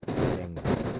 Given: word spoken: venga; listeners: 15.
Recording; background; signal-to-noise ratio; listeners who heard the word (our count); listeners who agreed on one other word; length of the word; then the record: one Spanish word in noise, from a listening test; noise modulated by one talker; -10.8 dB; 1 of 15; 7 of 15; 0.60 s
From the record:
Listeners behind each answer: 7, 4, 2, 1, 1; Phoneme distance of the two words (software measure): 20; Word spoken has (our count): 2 syllables, 5 phonemes, stress on syllable 1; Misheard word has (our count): 2 syllables, 5 phonemes, stress on syllable 1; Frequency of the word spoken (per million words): 27.66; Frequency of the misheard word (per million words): 212.46